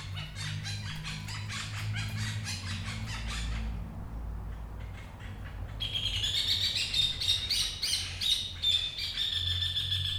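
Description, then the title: Parakeets chattering: a dense stream of rapid harsh notes, a brief lull, then louder squawks joined by a thin high whistled tone, over a steady low hum. Recorded 11 March 2022. "cotorras-11-marzo-2022"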